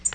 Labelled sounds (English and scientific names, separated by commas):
Tennessee Warbler (Leiothlypis peregrina) flight call